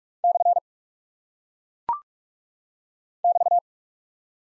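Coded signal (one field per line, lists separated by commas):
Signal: Morse code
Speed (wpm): 44 wpm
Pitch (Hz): 700 Hz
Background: none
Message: / <BT>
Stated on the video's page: Head-copy practice of single punctuation and prosign characters at 45 wpm.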